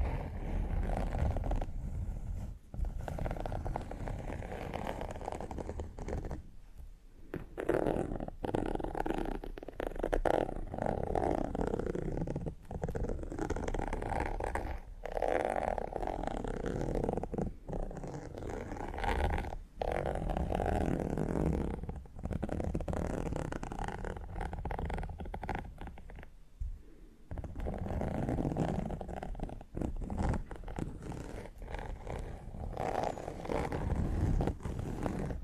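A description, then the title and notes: Fingernails scratch and rub over textured leather, a dense, continuous rasping with quick strokes that stop briefly around 3, 7, 20 and 27 seconds. The scraping sits mostly in the low and middle range, with a dry, gritty edge. TimASMR-Needle Fingers & Textured Leather Scratching (NO TALKING).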